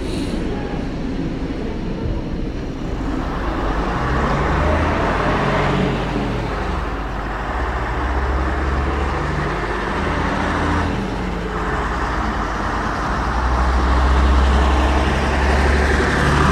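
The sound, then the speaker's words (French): A night bus engine drones steadily with a deep low rumble and a broad wash of road noise, swelling slightly louder near the end. No voices are heard. “Imaginez-vous prendre un bus de nuit avec plus de 500 euros dans une enveloppe”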